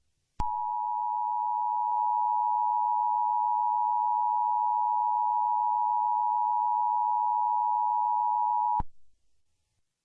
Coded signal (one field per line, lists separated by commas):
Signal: Emergency Alert System (SAME) tones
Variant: 853 and 960 Hz attention tone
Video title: EAS Scenario/Mock #6 - Water Girl Attacks